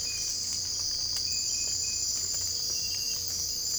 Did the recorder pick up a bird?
no